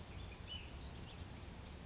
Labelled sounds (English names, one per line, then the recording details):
Ash-throated Flycatcher
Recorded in Sonoma County, California